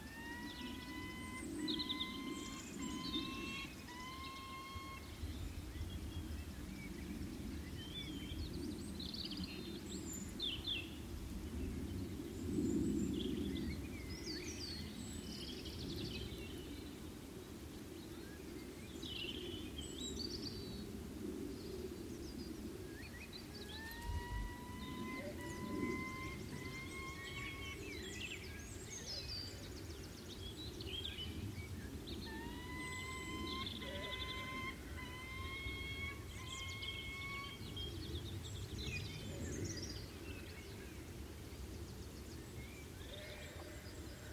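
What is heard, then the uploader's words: Early evening chorus of birds over a steady low rumble. A repeated series of short whistled notes, rising in pitch, returns every ten seconds or so, around 1–4 seconds, 24–28 seconds and 33–37 seconds, with scattered brighter chirps and trills between them throughout. Peregrines calling from crags in the Brecon Beacons. In this episode, it's late afternoon in early April 2021 and we're at a rocky escarpment in the southern Brecon Beacons. It's a clear sunny day and a pair of peregrine falcons are prospecting for a nest site on the crags of old quarried cliff faces.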